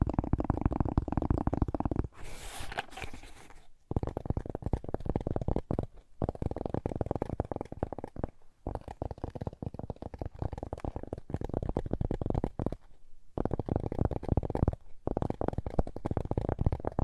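Fast tapping in dense, rapid, low-pitched bursts, broken by short pauses near 2, 4, 6, 8.5, 13 and 15 seconds, with a brighter scratchy patch around 2–3 seconds.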